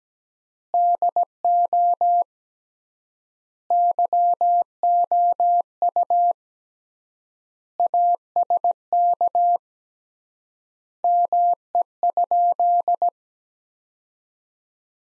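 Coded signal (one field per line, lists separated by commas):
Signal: Morse code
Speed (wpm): 17 wpm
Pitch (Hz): 700 Hz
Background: none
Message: DO YOU ASK ME?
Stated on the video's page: Morse practice sentences from the top 200 words at 17 wpm with 3x word spacing, a Farnsworth-like method using words.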